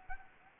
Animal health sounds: mosquito wingbeat signal from an infrared sensor; Anopheles gambiae

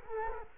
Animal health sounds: mosquito wingbeat signal from an infrared sensor; Culex quinquefasciatus

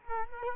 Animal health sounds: mosquito wingbeat signal from an infrared sensor; Culex quinquefasciatus

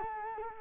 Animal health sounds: mosquito wingbeat signal from an infrared sensor; Culex quinquefasciatus

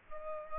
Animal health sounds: mosquito wingbeat signal from an infrared sensor; Culex pipiens

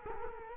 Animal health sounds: mosquito wingbeat signal from an infrared sensor; Culex quinquefasciatus

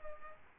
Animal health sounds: mosquito wingbeat signal from an infrared sensor; Aedes aegypti

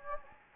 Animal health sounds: mosquito wingbeat signal from an infrared sensor; Anopheles gambiae

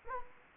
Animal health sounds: mosquito wingbeat signal from an infrared sensor; Anopheles gambiae

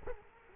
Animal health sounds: mosquito wingbeat signal from an infrared sensor; Culex quinquefasciatus

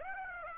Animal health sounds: mosquito wingbeat signal from an infrared sensor; Aedes aegypti

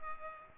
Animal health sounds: mosquito wingbeat signal from an infrared sensor; Culex pipiens

